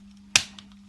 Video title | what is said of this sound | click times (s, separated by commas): Revue Fr Transformers Studio Series Ironhide. | la bc complètement jusqu'à entendre un clic et quand c'est fait vous pouvez bloquer l'ensemble voilà | 0.4 s